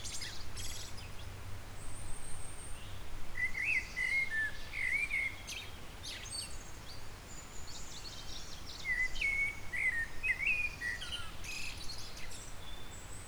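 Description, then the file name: Eurasian blackbird giving two melodious warbled phrases several seconds apart, with scattered high clicks and chirps and a persistent low hum. "Turdus merula"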